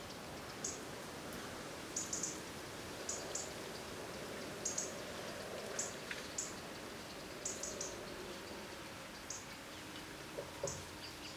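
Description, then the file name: European robin uttering brief, very high ticks, often doubled, repeated irregularly every second or so over a constant hiss with faint patter. "Erithacus rubecula"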